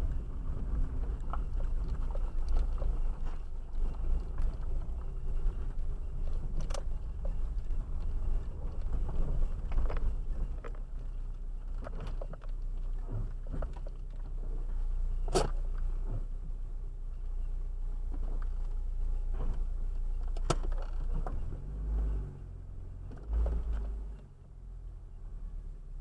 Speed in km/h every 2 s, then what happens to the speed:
6, 5, 7, 8, 9, 2, 0, 0, 0, 0, 0, 0, 0.
0-8 steady at about 7. 8-10 brakes to 2. 10-26 standing.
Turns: none.